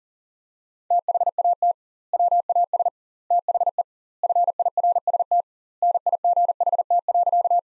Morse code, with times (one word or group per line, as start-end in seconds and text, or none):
0.9-1.7 THAT
2.1-2.9 WAS
3.3-3.8 THE
4.2-5.4 FIRST
5.8-7.6 NIGHT.